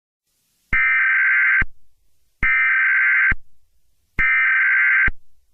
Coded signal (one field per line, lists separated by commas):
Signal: Emergency Alert System (SAME) tones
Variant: header bursts